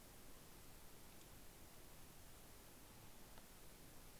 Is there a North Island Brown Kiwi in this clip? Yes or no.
no